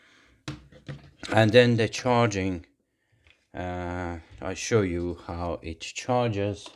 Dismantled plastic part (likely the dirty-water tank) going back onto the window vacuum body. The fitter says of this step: and push it and there is a latch here that it clicks into place and